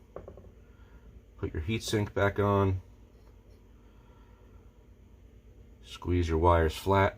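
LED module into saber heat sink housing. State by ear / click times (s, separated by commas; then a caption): seated / 0.2 s. An LED module with pre-tinned, soldered wires is warmed slightly and pressed into its heat sink housing in a stunt saber, seating with a sharp, short click at 0.2 s followed by a couple of faint ticks. Someone talks afterward.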